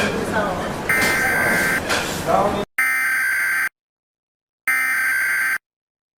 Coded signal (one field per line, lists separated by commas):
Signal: Emergency Alert System (SAME) tones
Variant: header bursts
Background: speech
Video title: TWISTED (Fictional world EAS Scenario